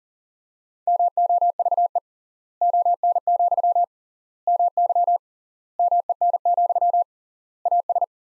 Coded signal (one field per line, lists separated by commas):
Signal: Morse code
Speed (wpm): 40 wpm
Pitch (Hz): 700 Hz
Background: none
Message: MOVE ON, MY MEN, AS